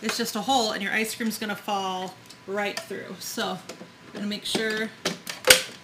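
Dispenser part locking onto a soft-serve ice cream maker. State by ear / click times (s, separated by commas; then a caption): seated / 5.3 s, 5.5 s. Someone talks while setting up a soft-serve ice cream maker, checking that a part of the dispensing assembly is closed and pushing it into place so the ice cream will not fall through. Two quick sharp clicks follow at 5.3 s and 5.5 s, the second much louder, as the part locks into place.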